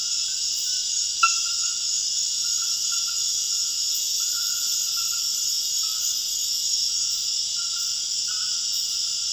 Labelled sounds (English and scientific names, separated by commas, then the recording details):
none
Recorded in dense forest near Puerto Asís, Putumayo, Colombia, on 4 March 2025 at 23:30
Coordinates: 0.481, -76.323
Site G088